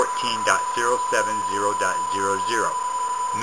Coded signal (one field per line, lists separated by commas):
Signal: PSK31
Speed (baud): 31.25 baud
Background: speech, radio noise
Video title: kc6l qso with n7lmv